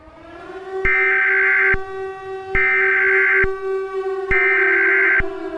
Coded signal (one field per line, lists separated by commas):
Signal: Emergency Alert System (SAME) tones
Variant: header bursts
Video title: EAS Scenario #33: Midas Gold Touch